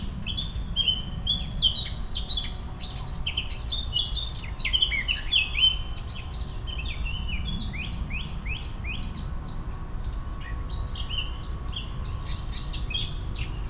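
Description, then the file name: Eurasian blackcap, a continuous stream of quick high chirps and warbled notes, some overlapping, above loud low background noise. "Sylvia atricapilla"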